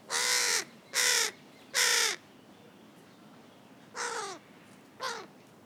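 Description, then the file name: Carrion crow cawing: three loud harsh caws in quick succession, a pause, then two softer caws. "Corvus corone"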